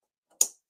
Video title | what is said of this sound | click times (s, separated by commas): Printer Week: The Ryan Swanstrom Show | I got that to snap into place now let's do the same thing for the color ink cartridge | 0.4 s